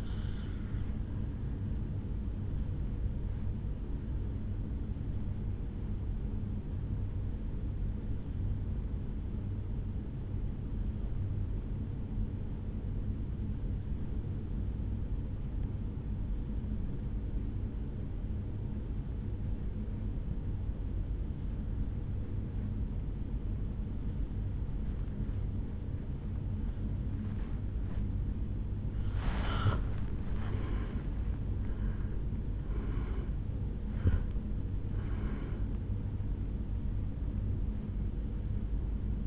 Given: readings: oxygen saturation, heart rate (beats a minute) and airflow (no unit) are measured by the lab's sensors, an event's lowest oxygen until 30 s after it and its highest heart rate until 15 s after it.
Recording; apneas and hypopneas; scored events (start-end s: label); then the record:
breathing in sleep by a smartphone at the bedside; 1
6.00-31.20 s: hypopnea (N1, oxygen 96% highest, then 88% lowest, heart rate 68 at the start, 78 highest)
From the record:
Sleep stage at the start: N1 (lightest sleep); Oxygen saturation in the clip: 87 to 96%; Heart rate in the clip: 59 to 78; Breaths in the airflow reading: 4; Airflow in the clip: -8.8 to 6.1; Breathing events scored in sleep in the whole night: 449 in 7.0 hours asleep